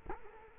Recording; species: mosquito wingbeat signal from an infrared sensor; Culex quinquefasciatus